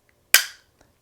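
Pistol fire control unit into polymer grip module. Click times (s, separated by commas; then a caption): 0.3 s. The metal fire control unit of a SIG Sauer P365 pistol is pushed down at the rear into a polymer P365XL grip module. It snaps into place with one sharp, bright click at 0.3 s that rings briefly, with faint small ticks before and after. The fire control unit is seated in the grip module.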